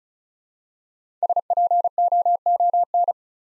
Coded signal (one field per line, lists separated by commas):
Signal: Morse code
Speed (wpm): 36 wpm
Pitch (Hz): 700 Hz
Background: none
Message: SPOON